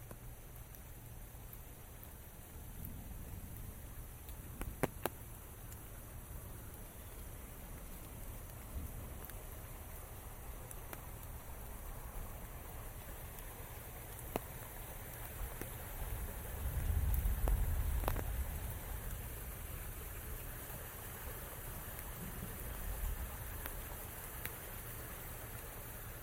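Steady rain patters through a walk, with scattered sharp drips and taps, a low rumble swelling around seventeen seconds, then easing.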